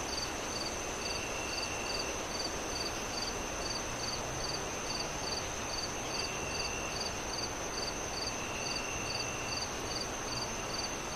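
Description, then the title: Cricket chirping, short high pulses repeated about two to three times a second, steady over a strong rushing wind with a continuous high insect tone. Crickets on a windy night, wind howling through trees. "Relaxing Crickets Sounds On A Windy Night"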